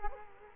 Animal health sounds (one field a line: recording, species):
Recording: mosquito wingbeat signal from an infrared sensor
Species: Culex quinquefasciatus